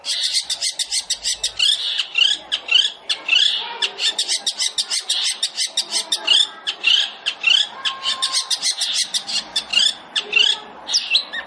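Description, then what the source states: Long-tailed shrike song: a continuous run of rapid, harsh, scratchy notes mixed with brief high chirps and a short steady whistle. Long-tailed shrike song used as masteran, training material for other shrikes; described as full tembakan, rapid burst-style song.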